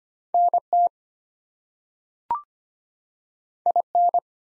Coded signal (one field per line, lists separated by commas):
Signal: Morse code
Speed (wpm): 25 wpm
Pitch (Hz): 700 Hz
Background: none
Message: NT IN